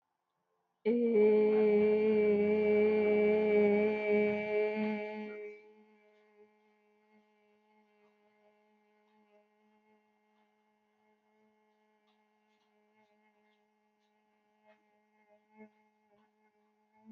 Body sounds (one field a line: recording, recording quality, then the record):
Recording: sustained vowel as in made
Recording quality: excellent, no background noise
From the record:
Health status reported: healthy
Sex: female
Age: 29 years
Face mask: not worn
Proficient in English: yes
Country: India